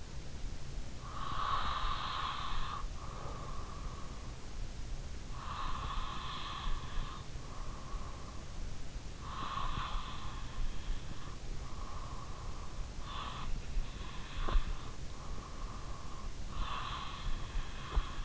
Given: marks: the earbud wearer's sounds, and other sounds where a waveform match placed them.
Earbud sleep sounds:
sounds in sleep by an in-ear microphone; breath
0.30-3.73 s: breath
4.42-11.39 s: breath
12.65-18.25 s: breath

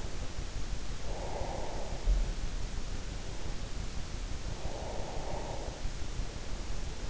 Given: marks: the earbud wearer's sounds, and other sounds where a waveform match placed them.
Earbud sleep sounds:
sounds in sleep by an in-ear microphone; breath
0.47-2.63 s: breath
4.38-6.09 s: breath

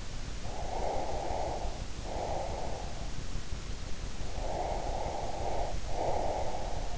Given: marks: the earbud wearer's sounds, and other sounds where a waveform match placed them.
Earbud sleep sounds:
sounds in sleep by an in-ear microphone; breath
0.51-3.03 s: breath
4.34-6.68 s: breath

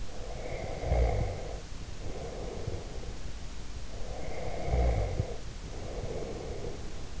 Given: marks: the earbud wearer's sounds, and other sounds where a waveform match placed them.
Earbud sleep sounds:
sounds in sleep by an in-ear microphone; snoring breath
0.11-3.34 s: snoring breath
3.86-7.20 s: snoring breath

